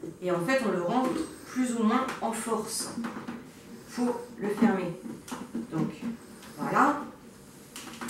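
Someone talks while pressing the lid of a heating multi-cooker food processor onto its bowl, pushing it more or less by force past the seal to lock it closed. Nothing has seated or clicked yet by the end of the clip.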